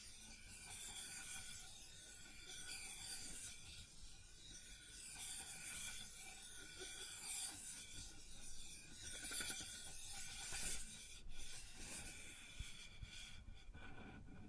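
Continuous rough scraping and rubbing on a wooden surface with a low rumble and steady hiss, plus sharper knocks near the end.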